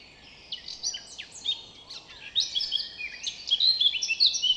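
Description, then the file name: Eurasian blackcap song, a fast jumble of scratchy notes breaking into bright, loud fluted whistles over the last two seconds. "Sylvia atricapilla"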